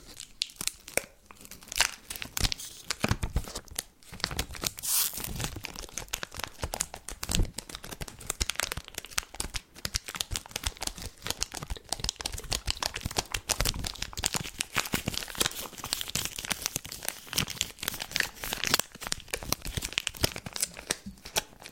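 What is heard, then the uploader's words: Candy eating with dense, irregular crinkling and tearing of wrappers running nearly the whole time, punctuated by sharp crunchy snaps and bursts. Crisp, bright mouth and chewing sounds come in quick clusters. ASMR comendo doces, chocolates e balas, com muitos sons de boca e mastigação. CANDY EATING SOUNDS.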